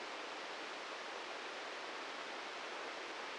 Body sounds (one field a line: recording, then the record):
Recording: brain microelectrode recording played as sound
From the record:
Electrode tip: inside the subthalamic nucleus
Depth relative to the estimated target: -1 mm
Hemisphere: right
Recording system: NeuroSet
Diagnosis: Parkinson's disease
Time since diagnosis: 13 years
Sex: male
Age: 63 years